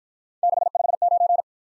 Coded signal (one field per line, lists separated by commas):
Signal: Morse code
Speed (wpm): 49 wpm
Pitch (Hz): 700 Hz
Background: none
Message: 659